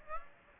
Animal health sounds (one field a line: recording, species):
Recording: mosquito wingbeat signal from an infrared sensor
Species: Aedes aegypti